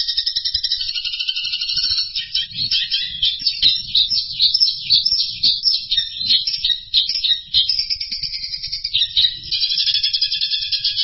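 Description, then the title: Bird song, a dense, continuous stream of high chirps and rapid trills with scattered sharp notes, carrying on without pause throughout. "burung"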